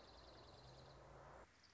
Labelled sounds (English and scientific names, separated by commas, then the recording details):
Dark-eyed Junco (Junco hyemalis)
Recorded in Sonoma County, California